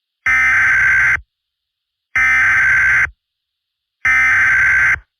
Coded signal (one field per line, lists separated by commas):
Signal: Emergency Alert System (SAME) tones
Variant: header bursts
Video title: EAS Scenario: The Dragons (Early Lunar New Year Special)